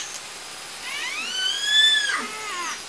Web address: SRKW call-catalog Orca Calls Audiosamples call S 14